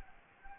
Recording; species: mosquito wingbeat signal from an infrared sensor; Anopheles gambiae